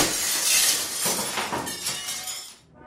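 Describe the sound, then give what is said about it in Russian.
A window smashes as a chair, thrown in one motion, crashes through it, a loud burst of shattering glass followed by several bright crashes and tinkling shards, falling quiet within about two and a half seconds. “Я повернулся, поднял стул и одним движением запустил его в ближайшее окно.”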